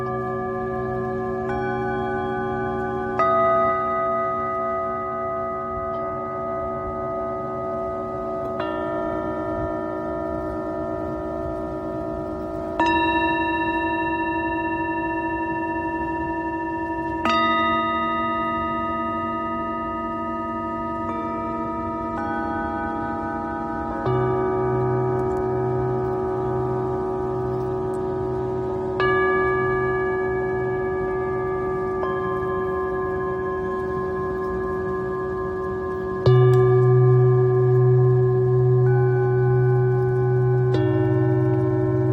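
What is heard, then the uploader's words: A Tibetan singing bowl is struck every few seconds, its bright ringing tones layering and sustaining over a steady, warm hum throughout. Tibetan Singing Bowl のサウンドヒーリングLIVE.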